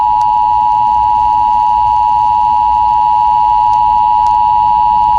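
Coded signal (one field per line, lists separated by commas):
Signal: Emergency Alert System (SAME) tones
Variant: 853 and 960 Hz attention tone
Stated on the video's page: Simulated EAS scenario, not a real alert.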